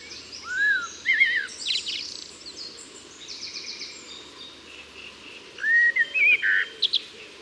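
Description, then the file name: Common blackbird song: two bouts of fluty warbled phrases, with thin, high twittering between and after them. "Turdus merula"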